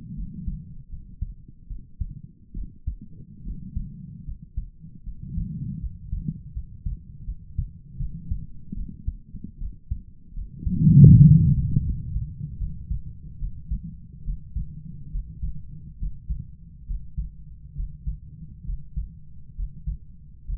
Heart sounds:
heart sounds by stethoscope; 74 bpm
0.16 s: heartbeat
0.90 s: heartbeat
1.68 s: heartbeat
2.55 s: heartbeat
3.44 s: heartbeat
4.26 s: heartbeat
5.05 s: heartbeat
5.80 s: heartbeat
6.54 s: heartbeat
7.26 s: heartbeat
7.99 s: heartbeat
8.75 s: heartbeat
9.59 s: heartbeat
10.35 s: heartbeat
11.15 s: heartbeat
11.84 s: heartbeat
12.59 s: heartbeat
13.39 s: heartbeat
14.25 s: heartbeat
15.11 s: heartbeat
15.99 s: heartbeat
16.87 s: heartbeat
17.76 s: heartbeat
18.66 s: heartbeat
19.56 s: heartbeat
20.46 s: heartbeat
From the record:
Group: healthy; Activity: rest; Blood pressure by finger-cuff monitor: 114/57 mmHg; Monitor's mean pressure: 77 mmHg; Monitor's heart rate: 74 bpm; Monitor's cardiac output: 7.8 L/min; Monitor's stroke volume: 104 mL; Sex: female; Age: 22 years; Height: 160 cm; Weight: 63 kg

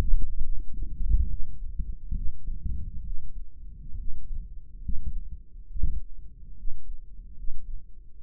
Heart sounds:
heart sounds by microphone in the right ear; 69 bpm
0.38 s: heartbeat
1.25 s: heartbeat
2.11 s: heartbeat
3.01 s: heartbeat
3.94 s: heartbeat
4.78 s: heartbeat
5.65 s: heartbeat
6.53 s: heartbeat
7.32 s: heartbeat
8.15 s: heartbeat
From the record:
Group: healthy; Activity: rest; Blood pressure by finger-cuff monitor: 88/62 mmHg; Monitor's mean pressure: 68 mmHg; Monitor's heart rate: 70 bpm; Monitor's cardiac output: 5.2 L/min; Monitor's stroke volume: 75 mL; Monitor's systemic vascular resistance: 960 dyn s/cm5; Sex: male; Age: 20 years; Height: 187 cm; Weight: 68.9 kg

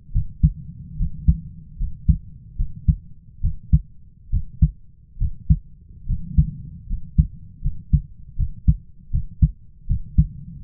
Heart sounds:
heart sounds by stethoscope; 74 bpm
0.12 s: heartbeat
0.96 s: heartbeat
1.77 s: heartbeat
2.56 s: heartbeat
3.41 s: heartbeat
4.30 s: heartbeat
5.18 s: heartbeat
6.06 s: heartbeat
6.87 s: heartbeat
7.61 s: heartbeat
8.36 s: heartbeat
9.10 s: heartbeat
9.87 s: heartbeat
10.62 s: heartbeat
From the record:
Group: healthy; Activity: rest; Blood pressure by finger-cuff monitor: 97/59 mmHg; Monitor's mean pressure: 69 mmHg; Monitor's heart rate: 74 bpm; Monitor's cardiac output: 5.2 L/min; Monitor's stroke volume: 72 mL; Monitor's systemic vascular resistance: 950 dyn s/cm5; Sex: male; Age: 20 years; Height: 167 cm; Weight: 61 kg

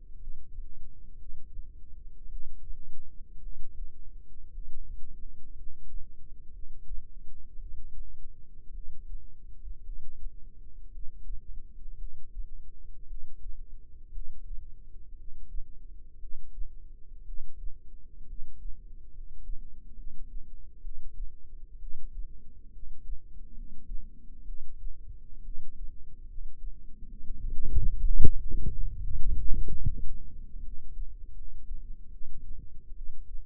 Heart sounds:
heart sounds by microphone in the left ear; 62 bpm
0.16 s: heartbeat
1.16 s: heartbeat
2.26 s: heartbeat
3.39 s: heartbeat
4.50 s: heartbeat
5.53 s: heartbeat
6.50 s: heartbeat
7.56 s: heartbeat
8.70 s: heartbeat
9.81 s: heartbeat
10.89 s: heartbeat
11.95 s: heartbeat
13.05 s: heartbeat
14.10 s: heartbeat
15.14 s: heartbeat
16.17 s: heartbeat
17.22 s: heartbeat
18.24 s: heartbeat
19.09 s: heartbeat
19.92 s: heartbeat
20.79 s: heartbeat
21.76 s: heartbeat
22.69 s: heartbeat
23.51 s: heartbeat
24.42 s: heartbeat
25.40 s: heartbeat
26.24 s: heartbeat
27.05 s: heartbeat
28.01 s: heartbeat
28.98 s: heartbeat
29.82 s: heartbeat
30.59 s: heartbeat
31.32 s: heartbeat
32.08 s: heartbeat
32.92 s: heartbeat
From the record:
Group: healthy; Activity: rest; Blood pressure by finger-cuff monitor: 113/70 mmHg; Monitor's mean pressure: 82 mmHg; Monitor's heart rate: 58 bpm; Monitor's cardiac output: 7.1 L/min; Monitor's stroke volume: 118 mL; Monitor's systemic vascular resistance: 840 dyn s/cm5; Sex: male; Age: 22 years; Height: 185 cm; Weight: 112.4 kg

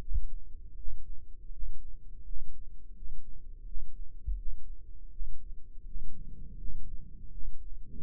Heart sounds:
heart sounds by microphone in the right ear; 83 bpm
0.75 s: heartbeat
1.50 s: heartbeat
2.23 s: heartbeat
2.93 s: heartbeat
3.64 s: heartbeat
4.35 s: heartbeat
5.09 s: heartbeat
5.84 s: heartbeat
6.56 s: heartbeat
7.29 s: heartbeat
7.99 s: heartbeat
From the record:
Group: healthy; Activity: rest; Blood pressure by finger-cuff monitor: 110/61 mmHg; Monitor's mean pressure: 76 mmHg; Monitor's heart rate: 82 bpm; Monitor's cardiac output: 8.8 L/min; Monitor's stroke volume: 110 mL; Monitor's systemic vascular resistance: 630 dyn s/cm5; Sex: male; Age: 24 years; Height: 184 cm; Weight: 89 kg

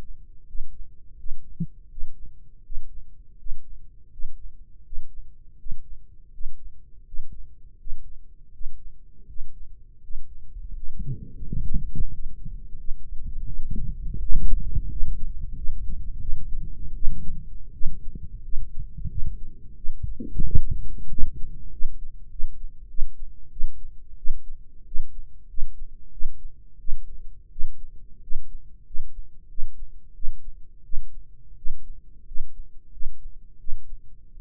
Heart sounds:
heart sounds by microphone in the right ear; 87 bpm
0.45 s: heartbeat
1.16 s: heartbeat
1.88 s: heartbeat
2.62 s: heartbeat
3.37 s: heartbeat
4.10 s: heartbeat
4.83 s: heartbeat
5.57 s: heartbeat
6.31 s: heartbeat
7.04 s: heartbeat
7.77 s: heartbeat
8.51 s: heartbeat
9.26 s: heartbeat
10.01 s: heartbeat
10.74 s: heartbeat
11.45 s: heartbeat
12.11 s: heartbeat
12.77 s: heartbeat
13.45 s: heartbeat
14.18 s: heartbeat
14.89 s: heartbeat
15.55 s: heartbeat
16.19 s: heartbeat
16.93 s: heartbeat
17.72 s: heartbeat
18.42 s: heartbeat
19.08 s: heartbeat
19.75 s: heartbeat
20.44 s: heartbeat
21.08 s: heartbeat
21.70 s: heartbeat
22.29 s: heartbeat
22.87 s: heartbeat
23.49 s: heartbeat
24.16 s: heartbeat
24.84 s: heartbeat
25.47 s: heartbeat
26.10 s: heartbeat
26.77 s: heartbeat
27.49 s: heartbeat
28.20 s: heartbeat
28.84 s: heartbeat
29.47 s: heartbeat
30.13 s: heartbeat
30.82 s: heartbeat
31.55 s: heartbeat
32.24 s: heartbeat
32.90 s: heartbeat
33.57 s: heartbeat
34.30 s: heartbeat
From the record:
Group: healthy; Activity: rest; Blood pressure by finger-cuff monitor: 149/88 mmHg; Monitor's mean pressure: 109 mmHg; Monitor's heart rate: 85 bpm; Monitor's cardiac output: 7.2 L/min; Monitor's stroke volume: 83 mL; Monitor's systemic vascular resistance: 1080 dyn s/cm5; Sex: male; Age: 21 years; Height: 180 cm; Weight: 67.5 kg

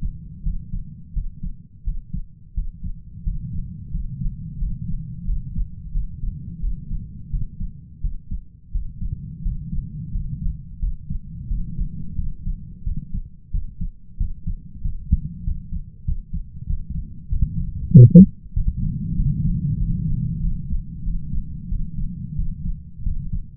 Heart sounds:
heart sounds by stethoscope; 90 bpm
0.43 s: heartbeat
1.13 s: heartbeat
1.84 s: heartbeat
2.54 s: heartbeat
3.23 s: heartbeat
3.91 s: heartbeat
4.58 s: heartbeat
5.25 s: heartbeat
5.92 s: heartbeat
6.60 s: heartbeat
7.30 s: heartbeat
8.01 s: heartbeat
8.71 s: heartbeat
9.42 s: heartbeat
10.11 s: heartbeat
10.79 s: heartbeat
11.47 s: heartbeat
12.16 s: heartbeat
12.84 s: heartbeat
13.51 s: heartbeat
14.17 s: heartbeat
14.81 s: heartbeat
15.43 s: heartbeat
16.04 s: heartbeat
16.66 s: heartbeat
17.29 s: heartbeat
17.91 s: heartbeat
18.53 s: heartbeat
19.15 s: heartbeat
19.78 s: heartbeat
20.40 s: heartbeat
21.03 s: heartbeat
21.69 s: heartbeat
22.36 s: heartbeat
23.03 s: heartbeat
From the record:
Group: healthy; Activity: rest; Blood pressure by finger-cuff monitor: 113/74 mmHg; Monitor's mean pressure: 86 mmHg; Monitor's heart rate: 89 bpm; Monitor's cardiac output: 7.5 L/min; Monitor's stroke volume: 84 mL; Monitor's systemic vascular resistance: 840 dyn s/cm5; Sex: male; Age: 33 years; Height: 179 cm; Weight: 80.4 kg

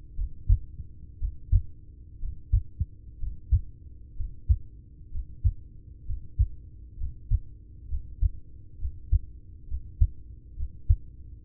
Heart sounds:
heart sounds by stethoscope; 64 bpm
0.13 s: heartbeat
1.16 s: heartbeat
2.16 s: heartbeat
3.15 s: heartbeat
4.12 s: heartbeat
5.07 s: heartbeat
6.02 s: heartbeat
6.94 s: heartbeat
7.85 s: heartbeat
8.75 s: heartbeat
9.64 s: heartbeat
10.53 s: heartbeat
11.41 s: heartbeat
From the record:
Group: heart failure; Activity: Valsalva maneuver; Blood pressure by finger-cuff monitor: 100/66 mmHg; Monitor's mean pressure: 77 mmHg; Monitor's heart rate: 64 bpm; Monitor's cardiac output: 4.5 L/min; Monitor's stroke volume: 71 mL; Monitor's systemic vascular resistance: 1180 dyn s/cm5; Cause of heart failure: ischemic heart disease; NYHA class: 1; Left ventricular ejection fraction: 33%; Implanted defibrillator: present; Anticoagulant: apixaban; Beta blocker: carvedilol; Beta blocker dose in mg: 18.75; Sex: male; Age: 39 years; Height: 168 cm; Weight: 72 kg

